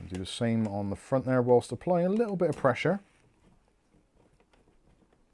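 Someone talks for about three seconds while a CPU cooler mounting screw, on an Arctic Freezer cooler in an Antec C3 AMD Ryzen 7700 PC build, is turned backwards under light pressure on the front side into a motherboard standoff. The rest of the clip is quiet handling, with two very faint ticks near 4.4 and 4.5 seconds. Nothing has clicked or seated yet.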